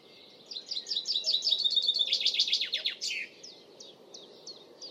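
Bird song: a rapid high trill with sweeping notes for nearly three seconds, then soft separated chirps.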